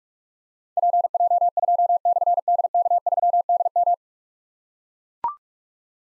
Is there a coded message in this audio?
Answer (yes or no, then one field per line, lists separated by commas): yes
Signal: Morse code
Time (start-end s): 0.8-3.9 s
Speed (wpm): 44 wpm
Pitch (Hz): 700 Hz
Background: none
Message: PJ2/DK3DM